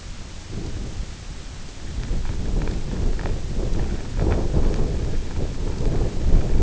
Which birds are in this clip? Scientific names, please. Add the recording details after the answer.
none. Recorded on Arctic tundra, site IGLO-F, on 24 June 2018. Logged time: 18:00